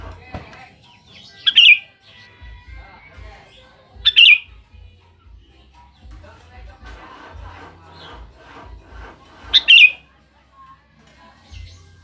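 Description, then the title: Sooty-headed bulbul repeating a short, bright, gurgling phrase three times at irregular intervals, with low background noise between. "Kutilang"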